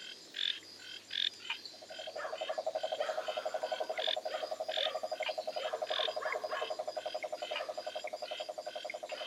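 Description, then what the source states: Frogs and treefrogs: frogs chirping sharply at first, then a fast, even pulsed trill sets in and continues under scattered clicks and short calls. Frogs and treefrogs recorded in Costa Rica in November–December, edited and mixed into a short musical composition.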